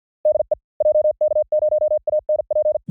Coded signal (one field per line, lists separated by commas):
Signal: Morse code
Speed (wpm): 50 wpm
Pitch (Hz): 610 Hz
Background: none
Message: DE JK0ANP